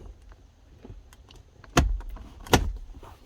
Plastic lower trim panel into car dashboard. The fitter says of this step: should just snap right in